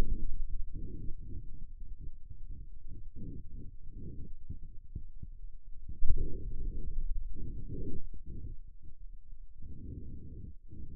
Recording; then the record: forearm muscle sounds (acoustic myography)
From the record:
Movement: finger pinch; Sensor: system 2, bracelet of six BSWA MPA416 microphones around the upper forearm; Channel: 6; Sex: male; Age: 22 years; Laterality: right